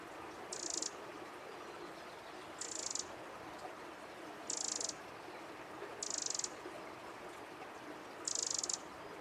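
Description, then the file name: Eurasian wren calls: five short, harsh, buzzy high-pitched bursts, spaced about two seconds apart, over a steady background hiss. "Troglodytes troglodytes"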